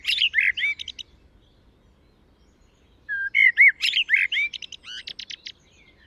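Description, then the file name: Common blackbird song: low, fluty warbled phrases, each followed by a burst of high, thin, squeaky twittering, two phrases separated by a pause. "Turdus merula"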